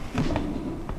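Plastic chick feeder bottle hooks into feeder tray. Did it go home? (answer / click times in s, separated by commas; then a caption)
no / none. A plastic chick feeder bottle is handled against its plastic feeder tray, pressed down so its hooks can catch. Short knocks and rubbing of plastic are heard around 0.2 s, 0.4 s and 0.9 s. Nothing has seated or clicked yet.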